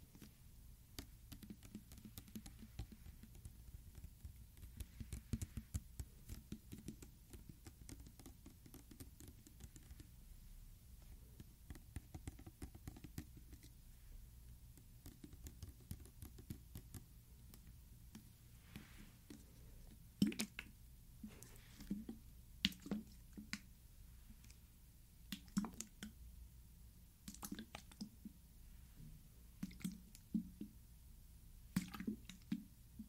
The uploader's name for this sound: LIQUID SOUNDS, SPRAY SOUNDS, LIQUID SHAKING and DROPPER BOTTLE